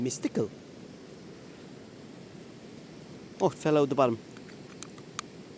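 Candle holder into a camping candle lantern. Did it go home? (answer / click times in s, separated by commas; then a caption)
yes / 5.2 s. Someone talks as the candle falls out of the bottom of a small camping candle lantern. The candle holder is then pushed back into the lantern body and locks into place with a sharp click at 5.2 s, after a fainter tick just before.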